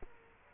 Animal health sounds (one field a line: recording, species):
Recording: mosquito wingbeat signal from an infrared sensor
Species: Culex quinquefasciatus